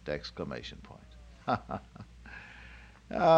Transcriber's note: chuckle